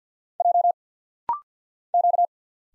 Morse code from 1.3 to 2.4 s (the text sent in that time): Q